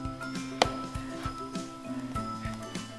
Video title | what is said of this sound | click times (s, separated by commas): How to Replace an iPhone 6 Battery (Using iFixit Kit) | you'll hear it snapping you know we're connected | 0.6 s